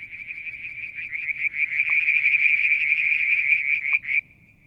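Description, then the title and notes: Frogs calling with rapid pulsed notes around a steady high trill, with two short sharp clicks and an abrupt stop near the end. Striped marsh frog, Verreaux's tree frog and an unidentified frog; Mount Wilson, New South Wales, Australia; July 2022; evening near a water tank. "Frog song, Mount Wilson, New South Wales, Australia in July 2022 – by Alexander Moffatt. Limnodynastes Peronii, Litoria Verreauxii and a mystery frog one evening near the water tank"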